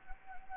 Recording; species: mosquito wingbeat signal from an infrared sensor; Anopheles gambiae